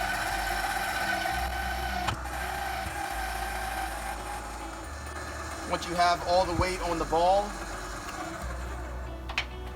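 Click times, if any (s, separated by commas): none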